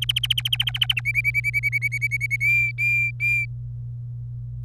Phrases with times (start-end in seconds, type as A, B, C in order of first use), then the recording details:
0.01-1.01 A, 1.05-2.36 B, 2.40-3.45 C. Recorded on 25 April 2018 at 16:19. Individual llb3